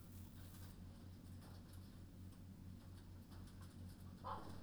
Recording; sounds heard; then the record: poultry house recording; healthy chickens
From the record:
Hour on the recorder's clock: 21